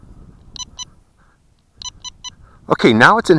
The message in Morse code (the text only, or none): none